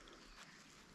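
The second magnetic side-release buckle on the cummerbund of a Novritsch plate carrier is being handled and brought together, with a steady broadband rustle and a brief brighter swell around 0.4 s. Nothing has clicked or seated yet.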